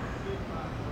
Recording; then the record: background sound without coughing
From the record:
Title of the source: 30 MINUTES Construction Site Ambience (CC BY 4.0)